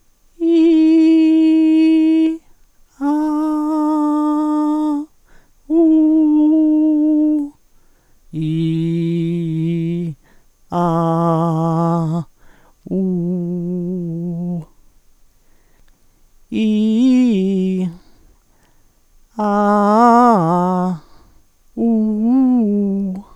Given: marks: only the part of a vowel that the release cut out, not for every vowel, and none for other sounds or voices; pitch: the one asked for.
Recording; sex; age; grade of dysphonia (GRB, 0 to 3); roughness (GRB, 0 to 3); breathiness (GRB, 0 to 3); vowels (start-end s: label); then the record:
sustained vowels; female; 50 to 59 years; 0; 0; 0
0.61-2.17 s: vowel /i/, high pitch
5.84-7.31 s: vowel /u/, high pitch
8.46-10.03 s: vowel /i/, low pitch
10.80-12.06 s: vowel /a/, low pitch
12.99-14.51 s: vowel /u/, low pitch
16.62-17.79 s: vowel /i/, low-high-low pitch
19.46-20.84 s: vowel /a/, low-high-low pitch
21.86-23.07 s: vowel /u/, low-high-low pitch
From the record:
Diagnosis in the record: hyperfunctional dysphonia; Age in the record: 59 years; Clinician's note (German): Leichte Form (Carcinophobie)